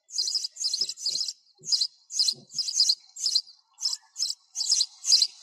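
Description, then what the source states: Sparrow chirps, bright and high, coming in short clusters of one to three notes about twice a second. Sparrow calling to its flock.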